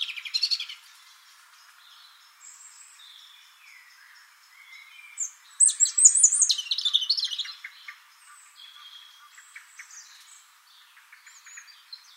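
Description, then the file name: European robin song: an opening burst of high notes, soft scattered whistles, then a loud rich outpouring of shrill, tumbling trills before fading into quieter notes. "Erithacus rubecula"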